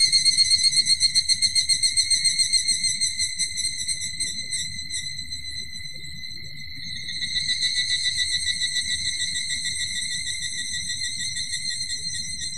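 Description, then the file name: Evening cicada calling with a high, ringing pulsed trill, rapid beats that start loud, fade midway and swell again into a steady shimmering drone. "higurashi"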